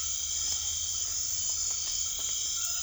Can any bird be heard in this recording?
no